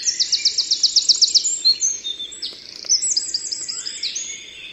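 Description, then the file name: Eurasian wren singing: opens with a very fast, piercing trill, then runs on in high, tumbling twitters and a second rattling trill. "Troglodytes troglodytes"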